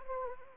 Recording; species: mosquito wingbeat signal from an infrared sensor; Anopheles arabiensis